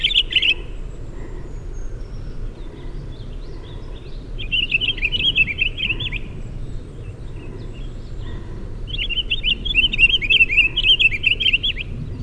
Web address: Pine Grosbeak. LNSCourse